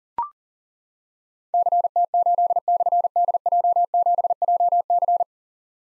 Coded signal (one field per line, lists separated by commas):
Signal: Morse code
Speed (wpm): 42 wpm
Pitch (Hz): 700 Hz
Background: none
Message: CT8/DJ7JC